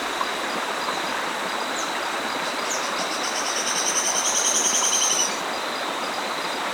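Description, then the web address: Sharp-tailed streamcreeper singing a rapid, high-pitched rattling trill of about two and a half seconds, set against loud, continuous rushing background noise. Recorded in Ecuador. "Birds of Ecuador 2. Sharp-Tailed Streamcreeper"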